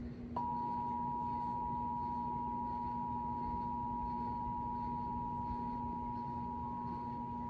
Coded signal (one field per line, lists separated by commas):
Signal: Emergency Alert System (SAME) tones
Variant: 853 and 960 Hz attention tone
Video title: Texas Required Monthly Tests for August (EAS #183-193) (Read Description)